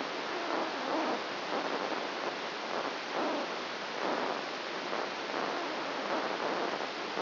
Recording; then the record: brain microelectrode recording played as sound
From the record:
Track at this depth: outside the subthalamic nucleus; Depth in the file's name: 0.314 mm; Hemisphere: right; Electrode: 2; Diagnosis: Parkinson's disease